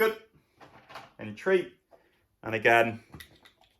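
Someone talks while handling the plastic side-release buckle of a dog collar, about to snap it shut again. Nothing has seated or clicked yet.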